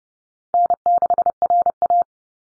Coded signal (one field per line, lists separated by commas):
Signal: Morse code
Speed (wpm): 30 wpm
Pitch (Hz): 700 Hz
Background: none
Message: N6RA